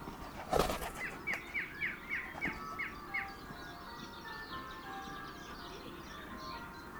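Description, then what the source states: Song thrush song, a sharp knock, then a crisp note repeated about eight times in quick rhythm, followed by softer, fainter warbling. Male singing.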